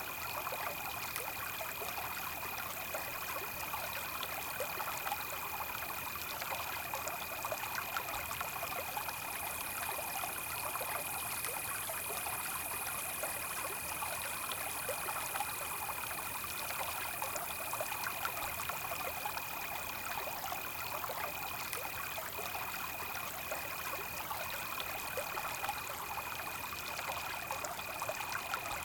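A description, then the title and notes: A river runs steadily through the night, its dense, even rush filling the upper range with a fine, bubbling texture. A thin, constant high tone sits above the water, likely insects, while the level stays unchanged for the whole half minute. Night Sounds And River For One Hour.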